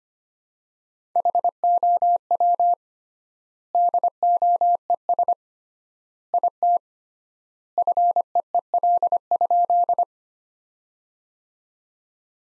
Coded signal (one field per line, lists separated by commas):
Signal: Morse code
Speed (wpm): 25 wpm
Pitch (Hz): 700 Hz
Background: none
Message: HOW DOES IT FEEL?